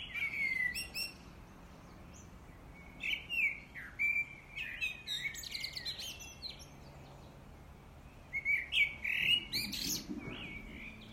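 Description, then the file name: Common blackbird song: short fluty phrases mixed with scratchy high twitters, given irregularly. "Turdus merula"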